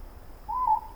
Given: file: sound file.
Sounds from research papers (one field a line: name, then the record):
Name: more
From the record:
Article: Birdsong Denoising Using Wavelets